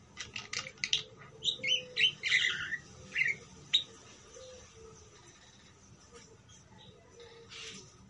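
Parakeet gives a handful of short squawky chirps in the first few seconds, then quieter faint twitters.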